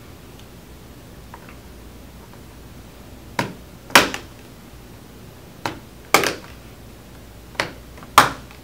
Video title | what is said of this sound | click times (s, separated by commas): How to Repair HP Chromebook G4 EE - Teardown Video | you're going to pry upward so you hear clicks you're going to do this all the way around | 4.0 s, 6.1 s, 8.2 s